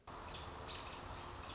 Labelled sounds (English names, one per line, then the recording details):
American Robin
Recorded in Sonoma County, California